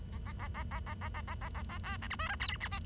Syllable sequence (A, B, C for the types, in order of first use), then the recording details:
A A A A A A A A A A A A B C D E F G H I. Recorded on 23 June 2012 at 08:48. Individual gr41rd51